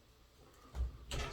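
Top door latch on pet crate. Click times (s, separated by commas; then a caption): 1.1 s. The top door of a FLARUZIY 24-inch pet crate is closed, with a low thud near 0.8 s before the latch snaps shut with a sharp click at 1.1 s. The top door latch seats firmly in place.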